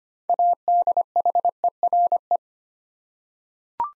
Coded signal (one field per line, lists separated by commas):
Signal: Morse code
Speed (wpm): 25 wpm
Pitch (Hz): 700 Hz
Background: none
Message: ADHERE